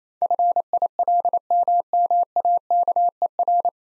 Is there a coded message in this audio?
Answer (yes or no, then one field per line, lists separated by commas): yes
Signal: Morse code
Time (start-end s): 0.2-3.7 s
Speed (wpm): 28 wpm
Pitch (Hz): 700 Hz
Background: none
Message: FILMMAKER